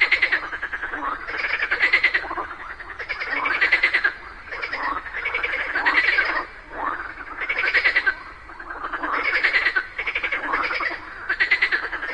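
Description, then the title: Frogs in a steady chorus of rattling, pulsed croaks, bursts of louder calling alternating with brief lulls. A group of frogs calling together just after daytime rain. "Just after it rained during the day, a group of frogs happily cooperated perfectly, creating a symphony of nature."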